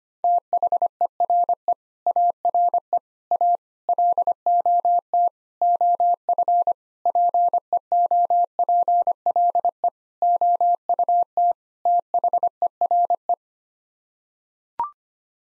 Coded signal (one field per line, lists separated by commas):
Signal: Morse code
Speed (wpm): 25 wpm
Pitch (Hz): 700 Hz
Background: none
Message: THERE ARE A LOT OF PEOPLE OUT THERE